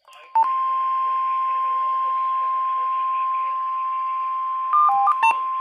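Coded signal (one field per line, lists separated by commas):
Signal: Emergency Alert System (SAME) tones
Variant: 1050 Hz attention tone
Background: speech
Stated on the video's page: Required Weekly Test on NOAA Weather Radio from the Los Angeles/Oxnard weather service station KWO37.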